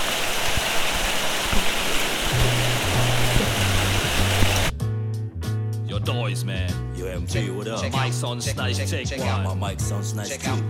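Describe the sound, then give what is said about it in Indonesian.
Heavy rain pours as a dense, steady hiss for about five seconds while a bass line pulses beneath it, then the rain cuts off and music takes over. “Gak kedengeran nih, maaf ya, hujan.”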